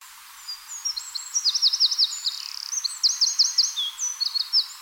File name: Troglodytes troglodytes